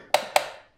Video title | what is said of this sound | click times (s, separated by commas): Install & Features of Dewenwils Retractable Cord Reel | You can kind of hear it release. | 0.1 s, 0.4 s